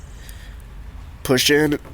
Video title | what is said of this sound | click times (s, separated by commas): 11-14 Coyote mustang GT intake manifold install | don't try and pull it out don't force it don't break it you know you just push it in hear that click push | 0.3 s